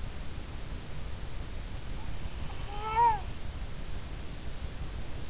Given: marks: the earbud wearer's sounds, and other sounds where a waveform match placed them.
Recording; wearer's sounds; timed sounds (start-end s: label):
sounds in sleep by an in-ear microphone; snoring breath
2.58-3.27 s: snoring breath